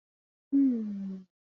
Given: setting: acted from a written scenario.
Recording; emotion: vocal sound without words; disappointment